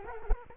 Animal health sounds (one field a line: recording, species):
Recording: mosquito wingbeat signal from an infrared sensor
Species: Culex quinquefasciatus